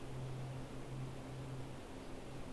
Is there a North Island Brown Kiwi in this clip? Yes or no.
no